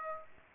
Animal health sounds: mosquito wingbeat signal from an infrared sensor; Aedes aegypti

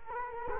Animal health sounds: mosquito wingbeat signal from an infrared sensor; Culex quinquefasciatus

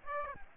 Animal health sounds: mosquito wingbeat signal from an infrared sensor; Aedes aegypti

